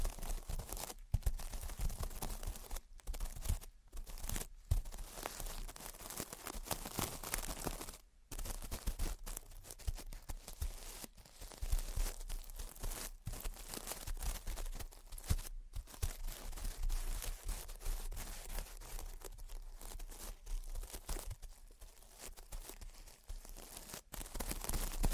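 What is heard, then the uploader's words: Gentle tapping and scratching goes on almost without a break, a dense crackly texture of quick, bright strokes mixed with small taps. Brief silent gaps cut in every few seconds, near 1, 3, 4, 8, 15 and 24 seconds, before the scratching resumes. Gentle Tapping and Scratching. (No Talking).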